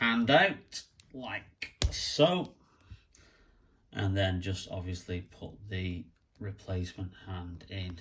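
Someone talks while pulling a swappable plastic hand off the wrist peg of a Marvel Legends Black Widow MCU action figure and lining up the replacement hand, with faint, brief handling clicks around 2.8 and 3.2 seconds. Nothing has seated or clicked into place yet.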